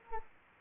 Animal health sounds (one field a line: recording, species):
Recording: mosquito wingbeat signal from an infrared sensor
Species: Anopheles arabiensis